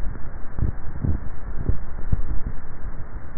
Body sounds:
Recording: swallowing sounds by neck microphone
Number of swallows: 1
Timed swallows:
1.48-2.38 s: swallow
From the record:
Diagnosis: dysphagia

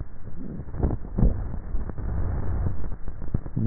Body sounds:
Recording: swallowing sounds by neck microphone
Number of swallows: 1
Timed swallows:
1.02-1.85 s: swallow
From the record:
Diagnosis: dysphagia

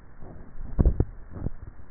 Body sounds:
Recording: swallowing sounds by neck microphone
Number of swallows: 1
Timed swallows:
0.75-1.55 s: swallow
From the record:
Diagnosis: dysphagia

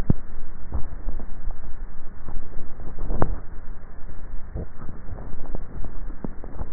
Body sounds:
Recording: swallowing sounds by neck microphone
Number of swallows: 2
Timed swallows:
0.65-1.18 s: swallow
5.72-6.18 s: swallow
From the record:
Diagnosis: dysphagia

